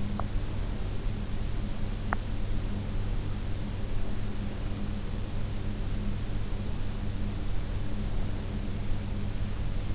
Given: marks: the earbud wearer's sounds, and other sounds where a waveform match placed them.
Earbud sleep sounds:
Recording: sounds in sleep by an in-ear microphone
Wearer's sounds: teeth grinding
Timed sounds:
0.00-2.39 s: teeth grinding

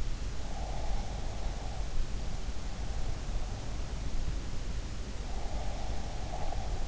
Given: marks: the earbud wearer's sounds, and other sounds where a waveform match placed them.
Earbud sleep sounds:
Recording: sounds in sleep by an in-ear microphone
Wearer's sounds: breath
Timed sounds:
0.56-1.80 s: breath
5.47-6.88 s: breath

